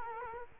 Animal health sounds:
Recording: mosquito wingbeat signal from an infrared sensor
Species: Culex quinquefasciatus

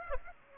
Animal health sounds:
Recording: mosquito wingbeat signal from an infrared sensor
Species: Aedes aegypti

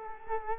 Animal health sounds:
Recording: mosquito wingbeat signal from an infrared sensor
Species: Culex quinquefasciatus

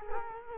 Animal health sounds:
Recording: mosquito wingbeat signal from an infrared sensor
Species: Culex quinquefasciatus

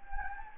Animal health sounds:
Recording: mosquito wingbeat signal from an infrared sensor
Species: Anopheles gambiae

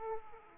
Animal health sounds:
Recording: mosquito wingbeat signal from an infrared sensor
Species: Aedes aegypti

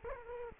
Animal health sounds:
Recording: mosquito wingbeat signal from an infrared sensor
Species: Culex quinquefasciatus

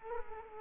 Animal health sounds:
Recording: mosquito wingbeat signal from an infrared sensor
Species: Culex quinquefasciatus

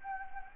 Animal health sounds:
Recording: mosquito wingbeat signal from an infrared sensor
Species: Anopheles gambiae

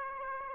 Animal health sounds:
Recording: mosquito wingbeat signal from an infrared sensor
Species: Aedes aegypti

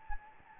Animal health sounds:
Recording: mosquito wingbeat signal from an infrared sensor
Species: Anopheles gambiae

